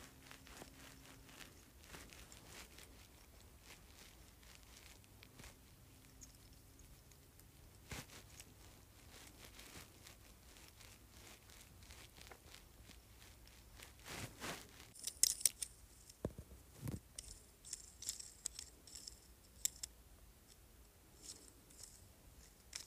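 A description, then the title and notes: A jade roller moves quietly, with soft scattered clicks and taps that grow busier and louder after fourteen seconds. ASMR Jade Roller.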